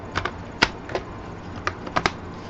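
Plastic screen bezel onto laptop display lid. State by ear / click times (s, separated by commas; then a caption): seated / 0.6 s, 1.7 s, 2.0 s, 2.1 s. After a replacement LCD is installed in a Sager NP2092 laptop, the plastic screen bezel is pressed back onto the display lid. Its clips snap into place with sharp clicks at 0.6, 1.7, 2.0 and 2.1 s, with fainter ticks near 0.2 and 0.3 s. The bezel ends up seated.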